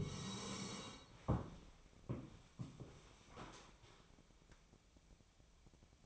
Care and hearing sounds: daily activity, microphone in the room; sit down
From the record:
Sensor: 1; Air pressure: 1000.5 hPa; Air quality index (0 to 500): 174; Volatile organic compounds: 4 ppm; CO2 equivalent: 1614 ppm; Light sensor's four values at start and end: 13/31/13/15 and 13/31/13/15

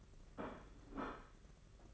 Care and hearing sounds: daily activity, microphone in the room; place plate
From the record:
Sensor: 4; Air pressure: 992.6 hPa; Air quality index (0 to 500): 135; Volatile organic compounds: 56 ppm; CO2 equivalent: 3374 ppm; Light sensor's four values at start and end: 19/65/24/25 and 19/65/24/25

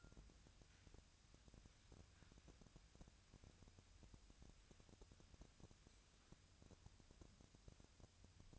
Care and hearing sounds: daily activity, microphone in the room; wipe stove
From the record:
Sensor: 2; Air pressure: 1006.9 hPa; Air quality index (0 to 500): 198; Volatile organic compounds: 13 ppm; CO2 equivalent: 2422 ppm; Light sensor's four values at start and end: 9/22/9/9 and 9/22/9/9

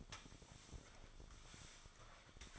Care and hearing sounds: daily activity, microphone in the room; sweep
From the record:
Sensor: 5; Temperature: 24.7 degrees Celsius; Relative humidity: 41.5%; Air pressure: 1003.2 hPa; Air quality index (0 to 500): 131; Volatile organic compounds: 1 ppm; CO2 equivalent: 963 ppm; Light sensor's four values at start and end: 55/131/55/63 and 51/122/51/59

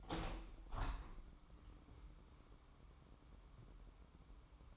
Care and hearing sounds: daily activity, microphone in the room; open window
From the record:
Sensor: 1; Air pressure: 998.2 hPa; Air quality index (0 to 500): 140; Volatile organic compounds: 4 ppm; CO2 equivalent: 1684 ppm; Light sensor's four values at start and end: 16/53/21/21 and 16/54/21/22

